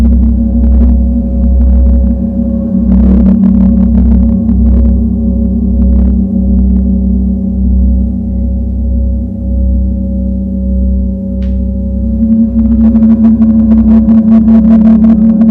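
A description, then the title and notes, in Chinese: A gong bath: a deep, steady droning hum with a low pulsing throb, swelling shimmers of metallic ringing near three seconds and again after twelve. 銅鑼浴。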